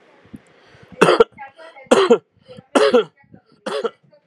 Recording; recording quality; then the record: shallow voluntary cough; excellent, no background noise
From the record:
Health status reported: healthy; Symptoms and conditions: cough, cold, hypertension, diabetes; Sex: male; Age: 38 years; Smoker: not ticked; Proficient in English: yes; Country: India